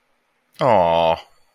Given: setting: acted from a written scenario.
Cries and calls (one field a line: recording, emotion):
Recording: vocal sound without words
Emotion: adoration